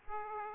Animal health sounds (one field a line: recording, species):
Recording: mosquito wingbeat signal from an infrared sensor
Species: Aedes aegypti